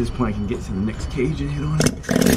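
The packing gland adjusting nut on a Hale QMAX150 fire pump is being rotated further by hand so its lock can drop into the next cage slot, while someone talks over it. Brief broadband noise bursts come near 1.8 s and from about 2.1 s to the end. Nothing has seated or clicked into the cage yet.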